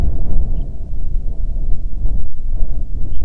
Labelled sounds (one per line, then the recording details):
bird
wind
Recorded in the Prudhoe Bay oil fields, Alaska, on 25 July 2019 at 01:46
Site 11